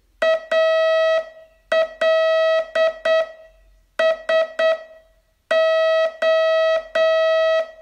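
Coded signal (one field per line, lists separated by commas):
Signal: Morse code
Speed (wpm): 8 wpm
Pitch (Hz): 650 Hz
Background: none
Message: ALSO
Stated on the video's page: Morse training test, day 25 of a 42-day course.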